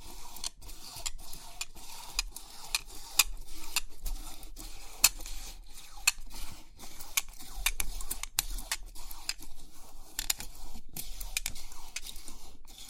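Crisp 3D pin art tingles: quick, bright clicks and ticks of metal pins, scattered irregularly through the whole clip, several each second. Some come in short clustered bursts, with a faint low hum and soft rustle running steadily underneath.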